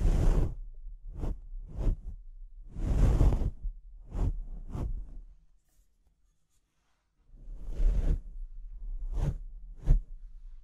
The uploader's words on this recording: ASMR Brain Melting Mic Scratching (No Talking).